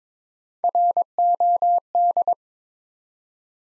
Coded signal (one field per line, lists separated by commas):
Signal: Morse code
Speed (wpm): 23 wpm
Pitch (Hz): 700 Hz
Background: none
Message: ROD